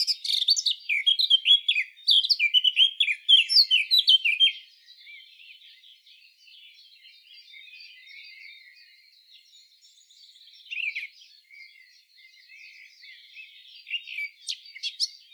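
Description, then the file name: Eurasian blackcap giving a rapid, varied warbling burst of high chirps and trills for several seconds, then faint background sound with an occasional sharp note. "Sylvia atricapilla"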